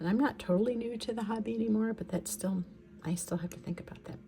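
A fountain pen ink cartridge is handled beside the pen's grip section, ready to go in narrow end first, while someone talks over soft tapping and handling noises. The cartridge has not clicked in or seated yet.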